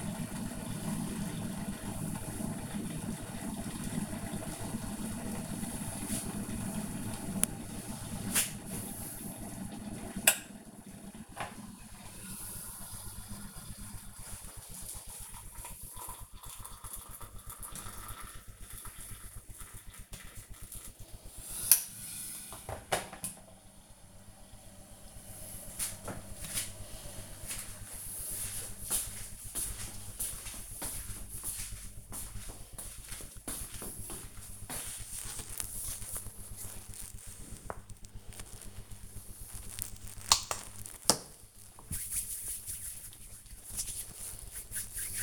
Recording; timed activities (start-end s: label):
household activities, microphone on the right wrist
0.00-25.56 s: making tea
35.58-45.23 s: cream hands